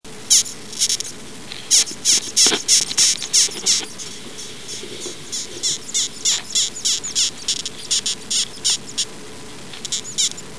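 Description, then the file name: Death's-head hawkmoth squeaking in short, sharp, hissy pulses, about three a second, with irregular gaps and bursts of varying strength. "Acherontia atropos"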